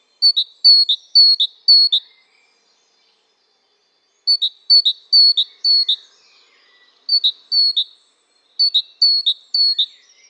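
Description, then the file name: Great tit giving repeated high two-note phrases in brisk runs, pausing between runs. "Parus major"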